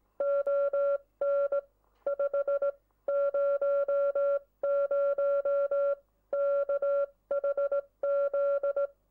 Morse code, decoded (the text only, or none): ON 500 KHZ